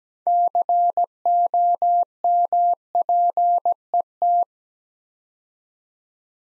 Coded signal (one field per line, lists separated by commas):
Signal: Morse code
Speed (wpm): 17 wpm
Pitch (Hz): 700 Hz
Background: none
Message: COMPET